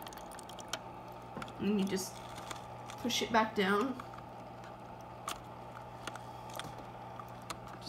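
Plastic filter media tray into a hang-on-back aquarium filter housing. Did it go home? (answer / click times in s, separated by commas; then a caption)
yes / 6.6 s. Someone talks while pushing the plastic media tray of a Fluval C4 hang-on-back aquarium filter back down into the filter housing, over a steady low hum with scattered small clicks and taps. The tray clicks into place at 6.6 s and is seated.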